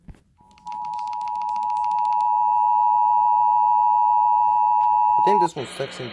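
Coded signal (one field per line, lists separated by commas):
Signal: Emergency Alert System (SAME) tones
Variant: 853 and 960 Hz attention tone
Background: speech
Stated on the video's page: Mock EAS tornado warning.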